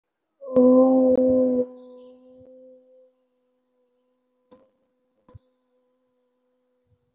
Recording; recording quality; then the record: sustained vowel as in boot; excellent, no background noise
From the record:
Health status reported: COVID-19 positive, moderate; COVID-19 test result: positive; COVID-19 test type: RT-PCR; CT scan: taken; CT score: 1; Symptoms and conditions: fever, fatigue, loss of smell and taste, another condition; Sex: female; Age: 30 years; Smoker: no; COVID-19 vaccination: both doses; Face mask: worn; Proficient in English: yes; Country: India